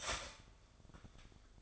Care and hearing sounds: daily activity, microphone in the room; start toaster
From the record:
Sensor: 5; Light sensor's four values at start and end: 34/108/40/40 and 34/108/40/40

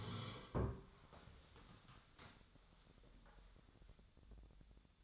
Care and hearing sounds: daily activity, microphone in the room; sit down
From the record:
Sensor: 3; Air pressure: 1015.2 hPa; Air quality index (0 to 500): 141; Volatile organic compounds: 7 ppm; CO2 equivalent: 2003 ppm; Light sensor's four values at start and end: 14/36/14/15 and 15/38/15/16

